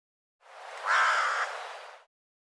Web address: birddata Deverinetal 2025 Bird Co Co Co Co